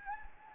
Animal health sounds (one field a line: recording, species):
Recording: mosquito wingbeat signal from an infrared sensor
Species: Anopheles gambiae